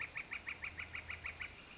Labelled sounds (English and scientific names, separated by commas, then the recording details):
Northern Flicker (Colaptes auratus)
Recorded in Sonoma County, California